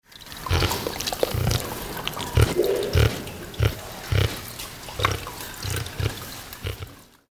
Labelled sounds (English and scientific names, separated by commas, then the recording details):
Collared Peccary (Pecari tajacu)
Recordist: Tembrock, Günter
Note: Kurzlaute